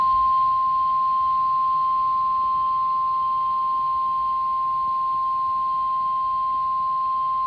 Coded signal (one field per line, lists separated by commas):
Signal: Emergency Alert System (SAME) tones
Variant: 1050 Hz attention tone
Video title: [EAS #2992] NWS Tampa Bay/Ruskin Morning Weekly Test over WWG59 (5/01/24)